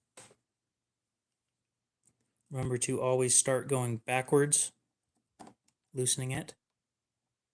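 While reassembling a folding knife, a small steel pivot or handle screw is turned backwards in its threaded hole to find the thread start, which avoids cross-threading or stripping. Someone talks, with a few faint short ticks between the words. Nothing has clicked or seated yet; the clip ends before the screw goes home.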